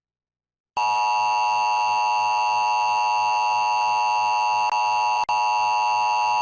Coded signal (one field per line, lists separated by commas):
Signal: Emergency Alert System (SAME) tones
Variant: 853 and 960 Hz attention tone